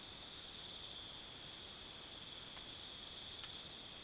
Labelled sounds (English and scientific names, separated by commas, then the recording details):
none
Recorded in dense forest near Puerto Asís, Putumayo, Colombia, on 19 February 2024 at 00:30
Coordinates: 0.505, -76.324
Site G6467